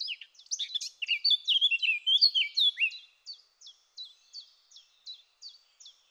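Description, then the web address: Eurasian blackcap's loud warbling phrase of mixed fluty and scratchy notes, followed by a string of short, evenly spaced high ticks. "SETE data Sylvia atricapilla"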